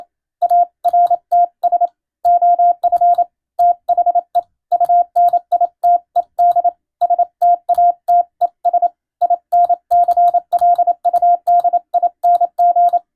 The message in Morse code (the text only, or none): ARTS OF THE UNITED STATES INCLUDING